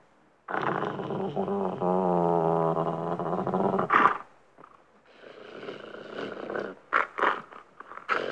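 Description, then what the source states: Dog growling: a long, deep, rumbling growl lasting several seconds, then rougher snarling bursts and sharp snaps near the end. Angry growl.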